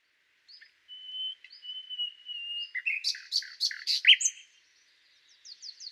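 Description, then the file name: Common nightingale song opening with long soft whistles, then a series of loud sharp chirps and a brief high flourish. "Luscinia megarhynchos"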